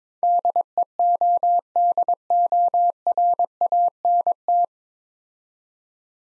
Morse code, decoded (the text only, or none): DEODORANT